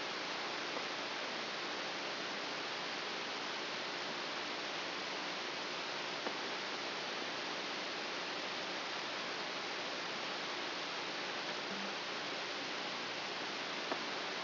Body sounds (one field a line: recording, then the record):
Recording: brain microelectrode recording played as sound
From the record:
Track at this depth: outside the subthalamic nucleus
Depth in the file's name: 5.401 mm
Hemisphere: right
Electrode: 3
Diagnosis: Parkinson's disease